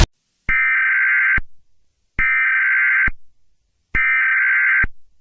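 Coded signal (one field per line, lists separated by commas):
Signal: Emergency Alert System (SAME) tones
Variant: header bursts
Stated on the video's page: Fictional EAS scenario.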